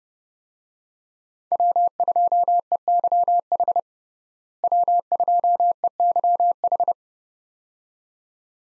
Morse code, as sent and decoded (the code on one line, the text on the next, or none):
.-- ..--- . -.-- .... / .-- ..--- . -.-- ....
W2EYH W2EYH